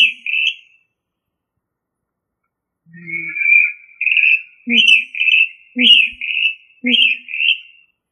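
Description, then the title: Rail calling in repeated two-part phrases: a short sharp note and then a drawn-out whistled tone, given about every second after a brief opening note and a pause of about two seconds. "LuckyFamilia RallidaeFrangoSama"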